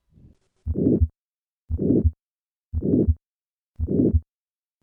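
Harsh, diamond-shaped murmur of significant aortic stenosis in an adult heart, heard through a stethoscope, loudest at the second right intercostal space, repeating about 58 times a minute.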